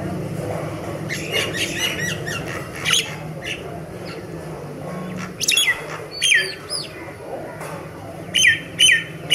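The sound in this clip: Myna calls: scattered harsh chattering notes, then louder squawking bursts with whistled tones near the end, over a constant low hum.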